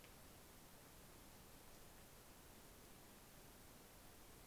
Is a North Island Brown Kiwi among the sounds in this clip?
no